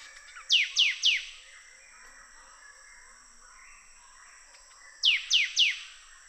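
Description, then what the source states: Sooty thicket fantail giving three rapid descending whistled notes, then after a four-second gap another identical triplet; soft background chatter and a steady shrill drone. Papua New Guinea.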